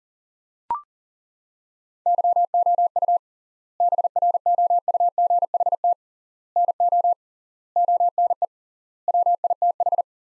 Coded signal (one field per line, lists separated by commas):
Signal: Morse code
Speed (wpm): 40 wpm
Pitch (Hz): 700 Hz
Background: none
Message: YOU BROUGHT NO ONE WITH